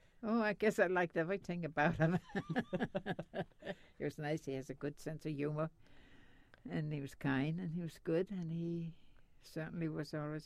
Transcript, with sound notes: Oh, I guess I liked everything about him. (they laugh) He was nice. He has a good sense of humor and he was kind and he was good and he certainly was always good.